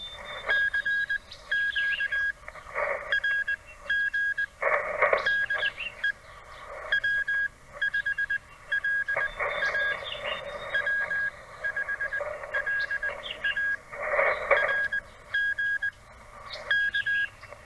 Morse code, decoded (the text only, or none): CQ RG DE W5LA W5LA RG K